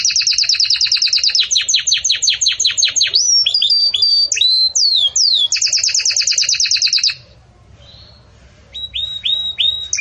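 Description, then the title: Canary song: fast rolling trills of rapid repeated notes, a few slurred whistles, another quick trill, then a pause and short falling whistles. Belgian canary singing in the campainha (bell) style, used to teach song to chicks. "Belíssimo Canto Do Canário Belga Campainha Para Encarte De Filhotes"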